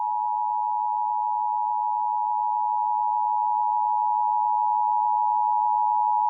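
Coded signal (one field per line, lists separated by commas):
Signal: Emergency Alert System (SAME) tones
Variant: 853 and 960 Hz attention tone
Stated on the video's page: Texas Amber Alert captured via screen recording.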